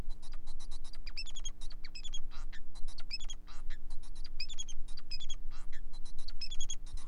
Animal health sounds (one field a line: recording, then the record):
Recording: song of a male Bengalese finch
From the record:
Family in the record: son of father 4